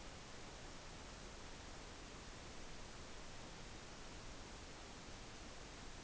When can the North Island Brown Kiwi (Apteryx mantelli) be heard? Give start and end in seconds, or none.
none